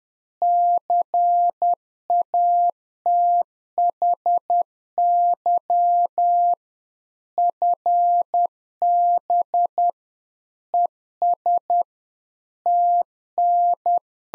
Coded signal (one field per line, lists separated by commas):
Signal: Morse code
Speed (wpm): 10 wpm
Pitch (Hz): 700 Hz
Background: none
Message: CATHY FB ES TN